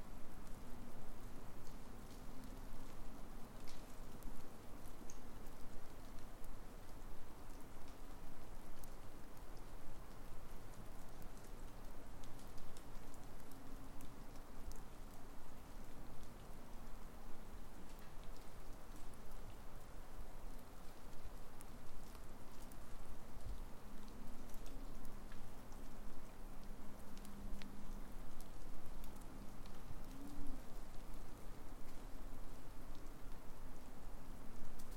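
A winter forest with icicles, filled with a steady, dense patter of dripping water that sounds much like light rain, with sharper ticks scattered throughout. A faint low hum runs underneath, wavering slightly, and the overall level stays even for the whole stretch.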